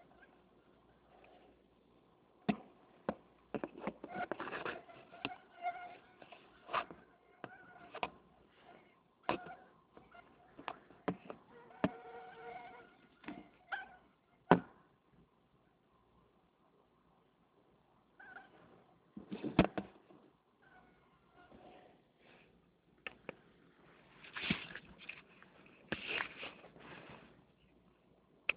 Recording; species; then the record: mosquito flight sound by mobile phone; Anopheles freeborni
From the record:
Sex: male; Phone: Nokia 6555B